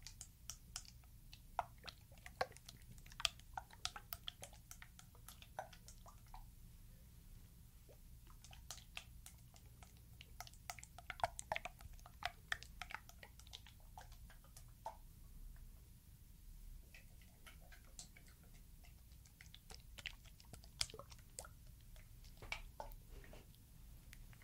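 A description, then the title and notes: Liquid shaking inside a dropper bottle makes rapid, irregular wet clicks and splashes throughout, over a steady low rumble underneath. LIQUID SOUNDS, SPRAY SOUNDS, LIQUID SHAKING and DROPPER BOTTLE.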